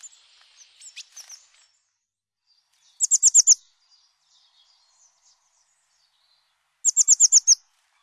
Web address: Mesange bleue